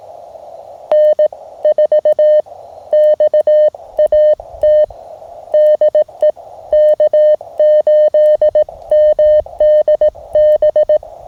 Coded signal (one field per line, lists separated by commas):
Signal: Morse code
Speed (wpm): 18 wpm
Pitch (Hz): 610 Hz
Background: none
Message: N4XAT DE K8MDB